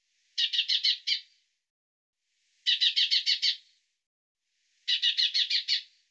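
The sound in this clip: Bird uttering three bursts of fast, high stuttering notes, six or seven per run, spaced a little over two seconds apart.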